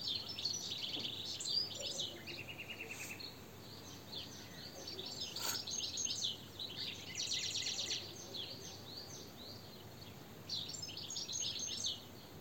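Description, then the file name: European goldfinch twittering, with rapid liquid chirps and buzzy trills in quick bursts, a pause near the middle, then more chatter over steady background hiss. "Carduelis carduelis"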